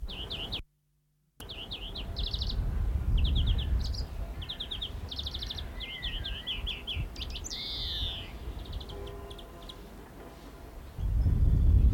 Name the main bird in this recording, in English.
European Greenfinch